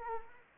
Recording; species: mosquito wingbeat signal from an infrared sensor; Anopheles arabiensis